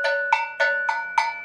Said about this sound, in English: So in the traditional setup, the elders, when they see that an enemy is coming, in the ancient time, they used to have a lot of wars. So when they see the enemies are coming, they just pick the bell.